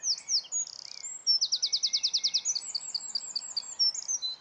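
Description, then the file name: Eurasian wren song, shrill and fast: a few sharp notes and a buzz, then a rapid trill of repeated notes followed by quick twitters. "Troglodytes troglodytes"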